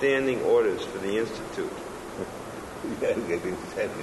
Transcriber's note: laughs